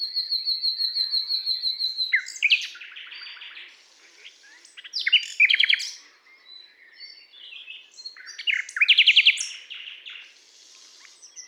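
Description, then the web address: Common nightingale song with an opening series of rapid repeated notes, then varied chattering phrases separated by short pauses, one including a brief loud rattle. "SETE data Luscinia megarhynchos"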